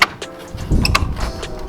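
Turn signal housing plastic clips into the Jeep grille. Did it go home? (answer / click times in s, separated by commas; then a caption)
yes / 0.0 s, 0.9 s, 1.0 s. The lower plastic clips of a turn signal housing on a Jeep JK are lined up and pushed into the front grille during reinstallation. Sharp plastic clicks are heard at 0.0, 0.9 and 1.0 seconds over low rumbling handling noise, and the clips seat into place.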